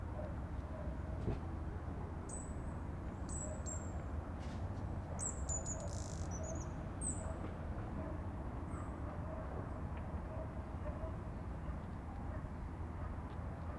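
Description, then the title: Bird song of short high whistled notes, each a brief slurred phrase, repeated at short intervals over a loud low rumbling background. "Pajaros"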